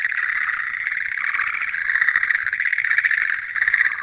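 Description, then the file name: Frogs calling in a dense chorus, a continuous trilling hum with rapid pulsed notes that swell and fade over a few seconds. "kaeru"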